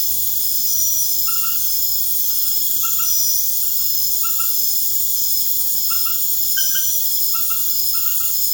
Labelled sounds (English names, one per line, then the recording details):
none
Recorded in pastures near Puerto Asís, Putumayo, Colombia, on 29 June 2025 at 23:00
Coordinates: 0.496, -76.326
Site GP01